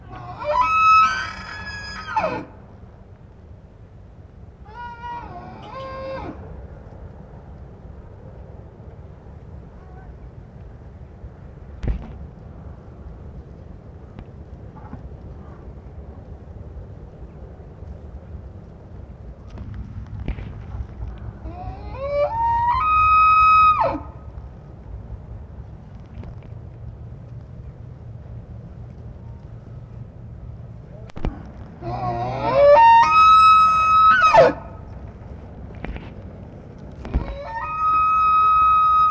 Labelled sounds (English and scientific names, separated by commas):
Wapiti (Cervus canadensis) rut call